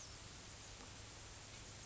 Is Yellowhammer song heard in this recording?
no